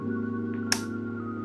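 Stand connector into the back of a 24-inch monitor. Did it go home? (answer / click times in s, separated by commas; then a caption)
yes / 0.7 s. A stand connector is pushed into the back of a 24-inch Dell S2421HN monitor until it seats with one sharp click at 0.7 s. A steady tonal hum runs underneath throughout.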